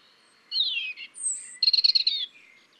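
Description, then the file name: European robin song: a sliding, falling whistle, a very high thin note, then a fast, rhythmic run of bright warbled notes. "Erithacus rubecula"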